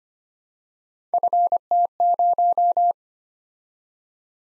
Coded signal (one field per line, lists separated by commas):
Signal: Morse code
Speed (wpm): 25 wpm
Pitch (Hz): 700 Hz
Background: none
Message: FT0